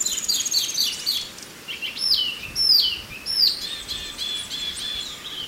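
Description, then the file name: Chinese hwamei singing a few repeated notes followed by loud downslurred whistles and a thin sustained note, over background hiss. "suara alam hwamei"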